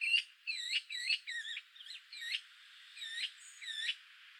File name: Pica pica